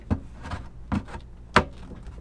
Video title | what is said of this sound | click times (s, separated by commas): Bye Bye Black Tank! - Installing an Airhead Composting Toilet and removing our RV's black Tank | Down, locks into place. | 1.6 s